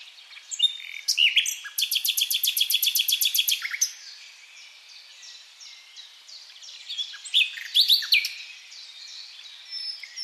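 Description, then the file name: Common nightingale song with a long run of rapid, evenly repeated sharp notes, followed by softer twittering and a burst of louder notes. "Luscinia megarhynchos"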